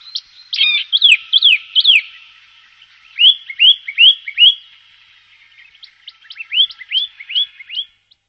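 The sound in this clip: Bird giving high calls: several buzzy, wavering notes, then two groups of short rising slurred whistles at a brisk pace.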